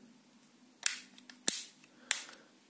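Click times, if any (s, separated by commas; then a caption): 0.9 s, 1.5 s, 2.1 s. The plastic back cover of a VKworld VK700 Max smartphone is pressed closed onto the phone body, with sharp snaps at 0.9, 1.5 and 2.1 s as its clips engage, plus a few fainter ticks between them. The cover closes well and clips on firmly.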